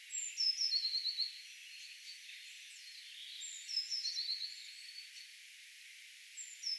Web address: paivat 6 5 2025 kaksi sinitiaista vastailee toisilleen lauvat melkein samaa saetyyppia